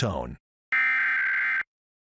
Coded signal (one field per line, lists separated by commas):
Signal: Emergency Alert System (SAME) tones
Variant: header bursts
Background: speech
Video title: Pennsylvania RMT for February 2023 [EAS #185-194]